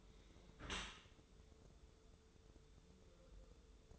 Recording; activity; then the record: daily activity, microphone in the room; close dishwasher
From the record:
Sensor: 3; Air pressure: 1014.9 hPa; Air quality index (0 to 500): 36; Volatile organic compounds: 1 ppm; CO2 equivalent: 567 ppm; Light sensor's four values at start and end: 11/26/11/11 and 11/26/11/11